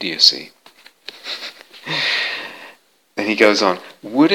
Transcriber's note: laughs